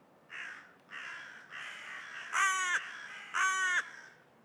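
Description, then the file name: Carrion crow giving a run of five caws about a second apart, the last two louder and more tonal than the first three. "Corvus corone"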